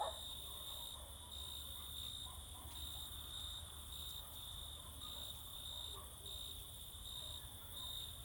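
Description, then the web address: Crickets singing in a steady high-pitched chorus over a low hum. Crickets singing close in summer fields in the evening or night. "Sculp Tunes - Summer in the field - Crickets and Cicadas"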